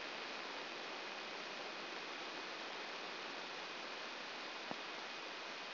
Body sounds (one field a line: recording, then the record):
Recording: brain microelectrode recording played as sound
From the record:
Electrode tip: outside the subthalamic nucleus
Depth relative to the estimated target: -1 mm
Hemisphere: right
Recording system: AlphaMap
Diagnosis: Parkinson's disease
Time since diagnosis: 15 years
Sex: female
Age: 68 years